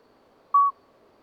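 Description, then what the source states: Common midwife toad: a lone brief, flute-like note, pure and even in pitch, over light background hiss. Two calling toads at Lesches-en-Diois, 13 May 2020, at night after two days of rain with dripping vegetation, singing until daybreak; recorded on Nagra Seven with MKH40 microphone.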